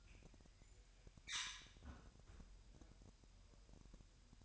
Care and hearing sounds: daily activity, microphone in the room; close fridge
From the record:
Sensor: 2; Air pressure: 1001.8 hPa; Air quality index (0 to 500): 249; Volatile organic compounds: 40 ppm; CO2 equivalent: 3143 ppm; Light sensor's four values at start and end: 8/28/11/10 and 8/28/11/10

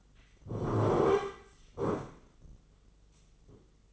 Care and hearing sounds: daily activity, microphone in the room; sit down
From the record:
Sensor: 4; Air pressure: 996.7 hPa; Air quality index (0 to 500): 241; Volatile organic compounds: 351 ppm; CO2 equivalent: 4585 ppm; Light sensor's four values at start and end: 46/113/46/46 and 46/113/46/46

